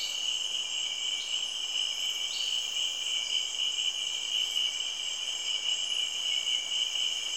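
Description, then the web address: Insects in a dense, steady chorus of high shrill trills on several overlapping pitches, with brief rising chirps now and then. Cameroon, Africa. "BBC Sound Effects Library. Cameroun, Insects"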